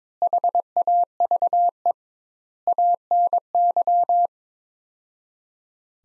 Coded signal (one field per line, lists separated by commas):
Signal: Morse code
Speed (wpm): 22 wpm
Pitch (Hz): 700 Hz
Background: none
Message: HAVE ANY